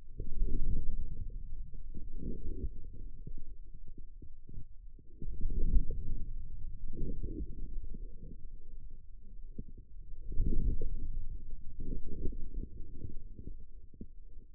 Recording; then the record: forearm muscle sounds (acoustic myography)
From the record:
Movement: inward rotation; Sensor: system 2, bracelet of six BSWA MPA416 microphones around the upper forearm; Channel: 6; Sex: male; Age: 22 years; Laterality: right